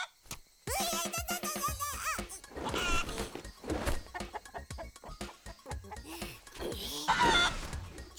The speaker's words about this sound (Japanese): お主のように不細工な鳥は見たことがないぞ。そのように気ぜわしいさえずりでは売れ残るのも道理というもの。ホトトギスも仏法僧ももっとおかしげに鳴くぞ。